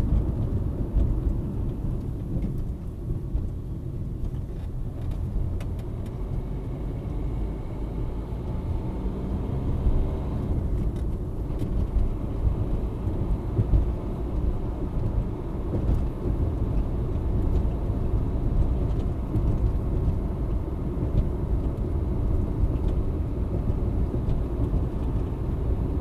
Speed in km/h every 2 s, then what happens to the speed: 50, 36, 33, 40, 50, 55, 59, 64, 67, 68, 67, 66, 65.
0-4 brakes to 33. 4-18 speeds up to 68. 18-26 steady at about 66.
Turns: none.